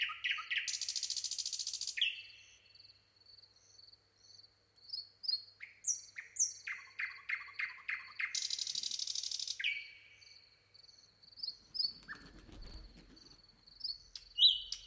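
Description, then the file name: Common nightingale song mixing harsh buzzy rattles, quick stuttered notes and pure whistles, with a brief low rumble near the end. "Luscinia megarhynchos"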